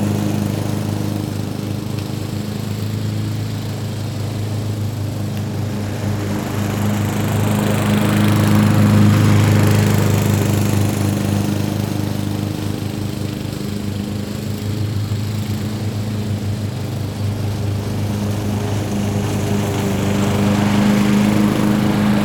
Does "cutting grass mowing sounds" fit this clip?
yes